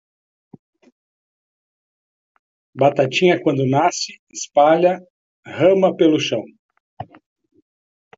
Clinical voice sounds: short text; Brazilian Portuguese; male; 50 to 59 years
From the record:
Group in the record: control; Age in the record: 50 years

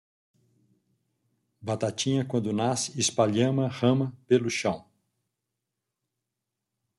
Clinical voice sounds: short text; Brazilian Portuguese; male; 50 to 59 years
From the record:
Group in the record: control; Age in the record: 59 years

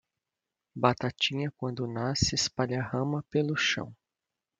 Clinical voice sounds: short text; Brazilian Portuguese; male; 40 to 49 years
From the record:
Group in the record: control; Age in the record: 49 years

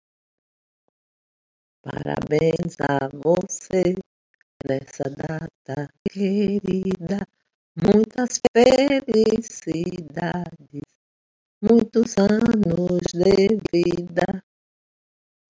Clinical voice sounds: short text; Brazilian Portuguese; female; 60 to 69 years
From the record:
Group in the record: control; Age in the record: 64 years

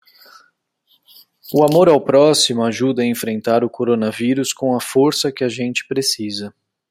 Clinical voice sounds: spoken sentence; Brazilian Portuguese; male; 40 to 49 years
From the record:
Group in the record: control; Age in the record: 43 years

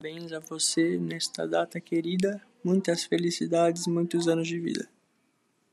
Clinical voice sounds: short text; Brazilian Portuguese; male; 20 to 29 years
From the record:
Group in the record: control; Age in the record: 20 years

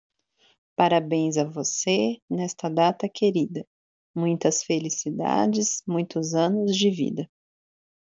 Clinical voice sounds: short text; Brazilian Portuguese; female; 40 to 49 years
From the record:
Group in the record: control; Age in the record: 43 years

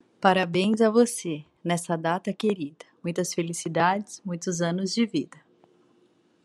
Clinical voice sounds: short text; Brazilian Portuguese; female; 40 to 49 years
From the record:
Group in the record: control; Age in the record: 44 years

